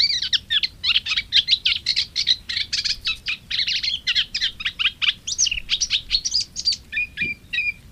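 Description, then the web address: Moustached warbler song, a dense fast stream of scratchy, chattering notes delivered almost without pause, closing with a few short clear whistles. "agykontroll Madardalok Cd 3. Fülemülesitke"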